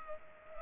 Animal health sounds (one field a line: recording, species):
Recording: mosquito wingbeat signal from an infrared sensor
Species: Culex pipiens